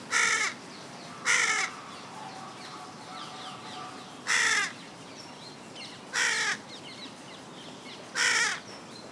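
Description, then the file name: Carrion crow cawing: five harsh, grating caws at irregular intervals, each about half a second long. "Corvus corone"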